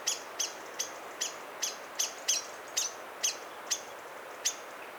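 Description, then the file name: Common blackbird uttering a steady series of sharp tick calls, fairly evenly spaced, against constant background hiss. "Turdus merula"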